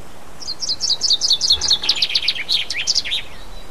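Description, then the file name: Common chaffinch singing a dense, rattling run of sharp high notes that slides lower in pitch and ends in a quick flourish after roughly three seconds. "pinson"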